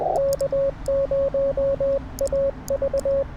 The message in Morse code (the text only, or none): K0AV